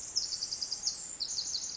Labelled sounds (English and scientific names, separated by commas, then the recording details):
Pacific Wren (Troglodytes pacificus)
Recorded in Sonoma County, California